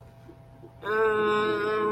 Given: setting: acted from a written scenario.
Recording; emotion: vocal sound without words; confusion